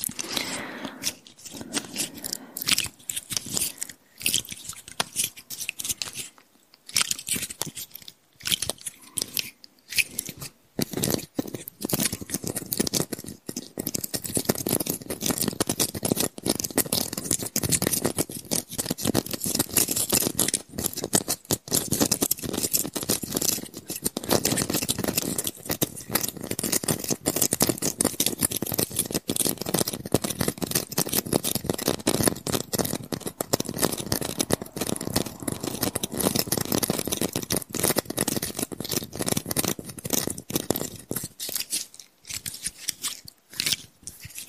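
Fingers tap and scratch on Christmas decorations, a dense, crisp stream of clicks and rasps that varies in intensity. It starts sparse with brief pauses, thickens into near-continuous scratching from about 12 to 40 seconds, then thins out near the end.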